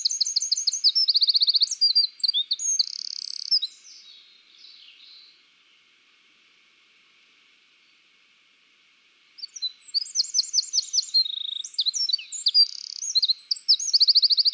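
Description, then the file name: Eurasian wren song: a shrill, hurried string of chirps and trills, quiet for several seconds, then a second energetic strophe of rattling trills and chips. "Troglodytes troglodytes"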